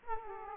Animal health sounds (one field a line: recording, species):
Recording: mosquito wingbeat signal from an infrared sensor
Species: Aedes aegypti